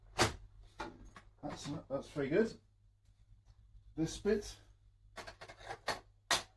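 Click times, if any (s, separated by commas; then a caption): 6.3 s. Someone talks while a plastic attachment is pushed onto the body of a Shark corded upright vacuum cleaner (1.1 L, with anti-hair-wrap technology and LED headlights). There are a few soft knocks, then a sharp, loud click at 6.3 s as the attachment seats into place.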